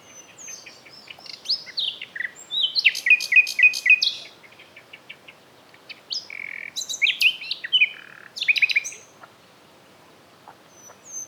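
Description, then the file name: Common nightingale singing varied phrases, mixing pure whistles, sharp rattling note series and slurred chirps in quick succession with short pauses. "Luscinia megarhynchos"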